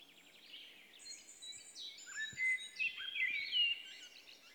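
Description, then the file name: Common blackbird singing varied whistled and warbled phrases, some sliding downward, mixed with thin high twittering notes, over steady background noise. "Turdus merula"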